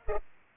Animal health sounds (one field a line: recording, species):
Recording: mosquito wingbeat signal from an infrared sensor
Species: Culex pipiens